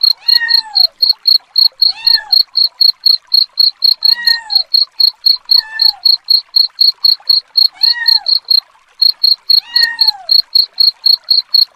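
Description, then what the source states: Steady, shrill cricket chirps about four a second throughout, with six cat meows spaced roughly two seconds apart. Cricket chirping combined with cat sounds, presented as a rat repellent.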